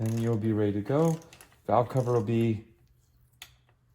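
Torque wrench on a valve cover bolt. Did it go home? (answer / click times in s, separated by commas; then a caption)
yes / 3.4 s. Someone talks while a torque wrench tightens the next valve cover bolt, which has special bolts and grommets, on a Ford Ranger, working through the cross pattern. After the talking stops, the wrench gives a sharp click at 3.4 s, and the bolt is torqued so the valve cover is good.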